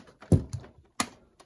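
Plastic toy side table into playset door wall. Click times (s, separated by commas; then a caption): 1.0 s. A small plastic breakfast side table accessory is pushed into the fold-out door wall of a Barbie Sweet Orchard Barn farm playset. Soft plastic knocks and rubbing come at about 0.3 and 0.5 seconds, then a sharp, bright snap at 1.0 seconds as the table clicks in, followed by a faint tick near 1.4 seconds. The table ends up seated in the wall.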